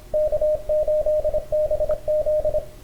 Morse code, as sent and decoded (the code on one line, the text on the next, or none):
-.- ---.. -... --..
K8BZ